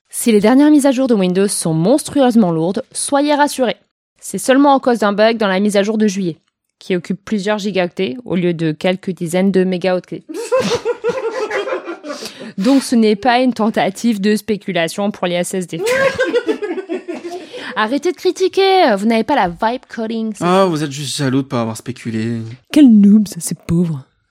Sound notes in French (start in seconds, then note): 10.3 rires; 15.8 rires